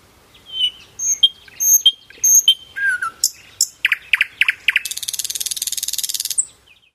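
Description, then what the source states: Common Nightingale song: pure whistled notes and a low slur, then sharp repeated clicks and chirps, ending in a long rapid buzzing trill of evenly spaced pulses. Live singing nightingale, used to give an impression of the coordination of syrinx muscles, beak, tongue and breathing in song.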